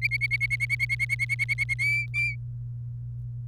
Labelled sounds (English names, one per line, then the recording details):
Domestic Canary song
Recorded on 28 April 2018 at 07:40
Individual llb3